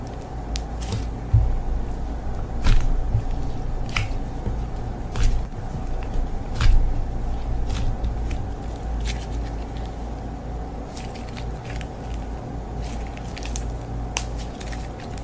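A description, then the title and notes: Slime is squished and worked by hand, giving wet, sticky squelches and crackly pops. The squishes come in bursts every second or so, busiest in the first eight seconds, then settle into quieter, softer handling over a low steady hum. The one where I put you to sleep with slime. It was so much fun to play with the slime.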